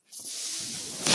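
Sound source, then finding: Home mechanical ventilator in background. Mechanical ventilator airflow noise.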